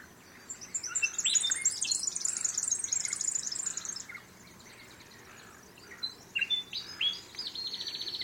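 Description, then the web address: Bird calls: a rush of shrill, rapid chirping for several seconds, a quieter pause, then scattered sharp chips and a brief buzzy trill. Unidentified bird calls recorded in mangroves. "Sound Effects-Foundation 1 BIRD UNKNOWN MAGROVES"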